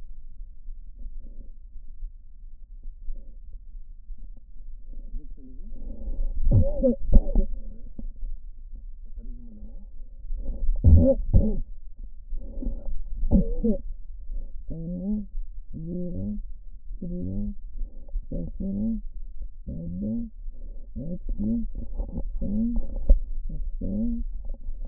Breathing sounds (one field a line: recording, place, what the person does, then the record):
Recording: lung sounds by stethoscope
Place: right posterior basal chest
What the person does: quiet breathing, then cough and speech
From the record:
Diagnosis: COPD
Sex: female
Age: 68 years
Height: 150 cm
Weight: 70 kg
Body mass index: 31.1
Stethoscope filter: diaphragm mode